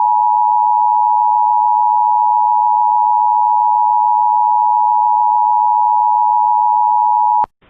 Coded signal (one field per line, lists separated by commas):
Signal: Emergency Alert System (SAME) tones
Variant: 853 and 960 Hz attention tone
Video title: EAS Reenactment Mock: NWS GSP Mocks Tennessee